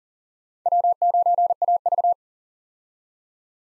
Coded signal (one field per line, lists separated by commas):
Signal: Morse code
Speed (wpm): 40 wpm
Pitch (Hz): 700 Hz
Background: none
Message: W9AV